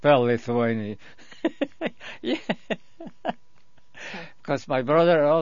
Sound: he laughs

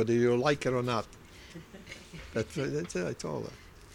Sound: laughs

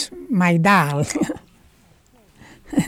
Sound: she laughs

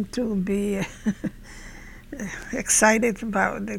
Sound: she laughs

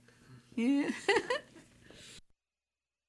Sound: she laughs

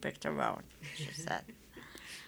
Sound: she laughs

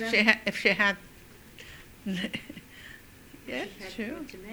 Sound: laughs

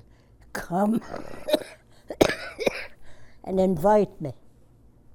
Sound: coughs

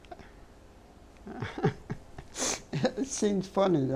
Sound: she laughs

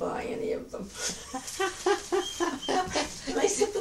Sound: both laugh

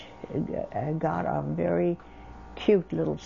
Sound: none

